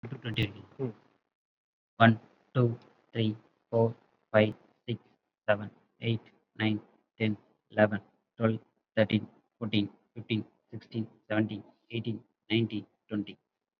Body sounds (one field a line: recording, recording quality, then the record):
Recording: counting at a normal pace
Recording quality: excellent, no background noise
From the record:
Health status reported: COVID-19 positive, mild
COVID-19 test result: positive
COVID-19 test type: RT-PCR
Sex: male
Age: 30 years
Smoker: no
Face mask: not worn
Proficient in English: no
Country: India